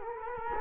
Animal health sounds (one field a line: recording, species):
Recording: mosquito wingbeat signal from an infrared sensor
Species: Culex quinquefasciatus